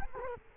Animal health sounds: mosquito wingbeat signal from an infrared sensor; Culex quinquefasciatus

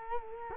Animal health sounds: mosquito wingbeat signal from an infrared sensor; Culex quinquefasciatus

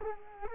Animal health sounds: mosquito wingbeat signal from an infrared sensor; Culex quinquefasciatus

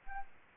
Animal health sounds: mosquito wingbeat signal from an infrared sensor; Anopheles arabiensis

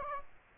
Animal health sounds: mosquito wingbeat signal from an infrared sensor; Aedes aegypti

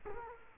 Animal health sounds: mosquito wingbeat signal from an infrared sensor; Culex quinquefasciatus

